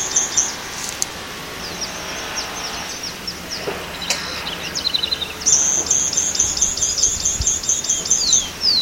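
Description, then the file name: White-throated hummingbird song: very high, thin squeaky notes and brief trills, ending in a fast buzzy chattering run. Recorded at Punta Ballena, Uruguay, on 21 August 2014. "Leucochloris-albicollis-Pt Ballena-UY-21-8-14-ASilveira"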